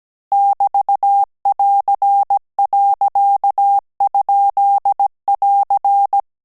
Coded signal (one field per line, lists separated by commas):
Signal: Morse code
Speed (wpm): 17 wpm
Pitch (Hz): 800 Hz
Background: none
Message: <BT><AR>.?<AR>